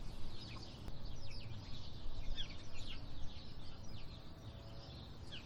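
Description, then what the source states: Sparrows chirping in a busy chorus, short bright notes overlapping throughout, with a steady low rumble of wind underneath. Sparrows calling in windy conditions.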